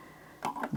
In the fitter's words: put it in. It's just going to snap into place there.